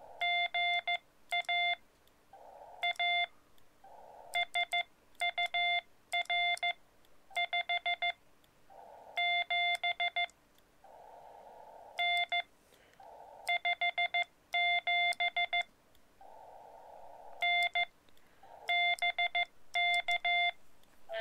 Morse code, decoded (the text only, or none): GA A SUR 57N 57N BK